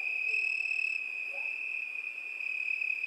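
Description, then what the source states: Crickets trilling in a steady, unbroken high-pitched drone, with faint thin overtones above and a soft brief low sound near the middle. Crickets at night.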